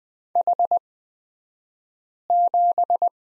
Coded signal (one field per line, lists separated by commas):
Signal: Morse code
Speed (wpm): 20 wpm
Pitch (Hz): 700 Hz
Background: none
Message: H7